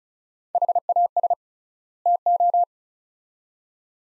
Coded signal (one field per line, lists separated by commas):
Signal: Morse code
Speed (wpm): 36 wpm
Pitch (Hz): 700 Hz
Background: none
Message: HAS TO